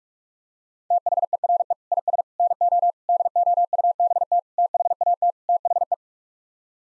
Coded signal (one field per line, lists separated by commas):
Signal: Morse code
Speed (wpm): 47 wpm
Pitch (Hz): 700 Hz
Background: none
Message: THERE IS NO DOUBT THAT THE